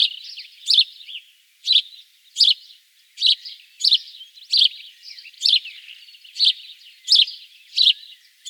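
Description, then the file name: House sparrow giving loud repeated chirps, roughly one to two per second, with continuous quieter chatter between them. "Passer domesticus"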